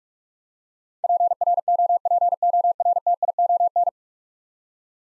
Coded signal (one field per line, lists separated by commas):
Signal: Morse code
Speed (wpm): 46 wpm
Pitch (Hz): 700 Hz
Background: none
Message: PROPORTION